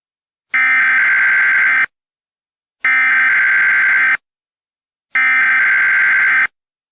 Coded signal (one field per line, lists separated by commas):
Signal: Emergency Alert System (SAME) tones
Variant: header bursts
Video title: EAS Scenario 20: Nuclear attack nightmare